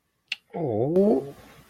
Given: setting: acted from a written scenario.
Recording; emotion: vocal sound without words; sympathy